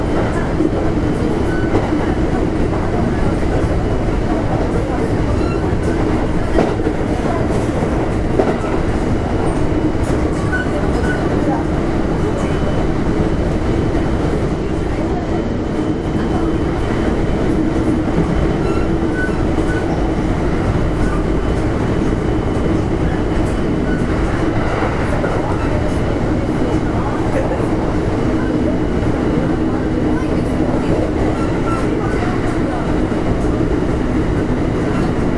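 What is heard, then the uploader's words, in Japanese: Riding inside an express train car, a steady low rumble and rolling drone fill the cabin throughout, with a faint hum near the middle range. Level stays constant for the whole stretch, with small rattles and a slight swell around twenty-five seconds. 近鉄5820系 大阪線急行 八木から上本町まで。近畿日本鉄道 5820系電車の走行音です。It is the sound of a motor.I recorded on the express train of Osaka Line.The section is from Yamato Yagi to Uehonmachi.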